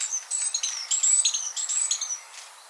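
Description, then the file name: Great tit calls: a short series of thin, high, down-slurred whistled notes, several overlapping, fading out toward the end. "Parus major"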